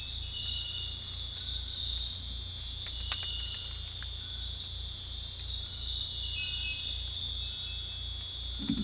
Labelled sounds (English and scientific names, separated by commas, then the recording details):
none
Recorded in dense forest near Puerto Asís, Putumayo, Colombia, on 18 December 2024 at 20:00
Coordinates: 0.486, -76.317
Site G003